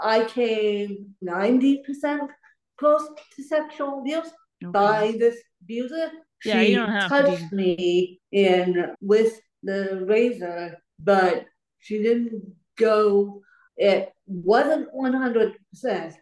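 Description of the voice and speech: A woman with cerebral palsy speaks slowly in short bursts broken by frequent pauses, with stretched vowels and nasal sounds, blurred consonants and uneven phrasing. These features fit dysarthria, the effortful, imprecise speech of cerebral palsy.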